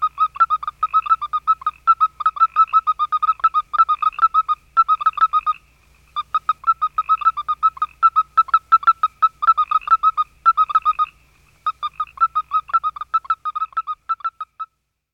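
Western toad chirping call: rapid series of short mid-pitched peeps given in runs of several seconds, broken by brief pauses.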